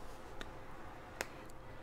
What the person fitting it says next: comme ceci je sais pas si vous l'avez bien entendu mais une fois qu'on a entendu les clics ça veut dire que l'œil est très bien fixé